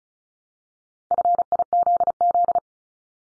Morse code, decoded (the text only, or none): FIZZ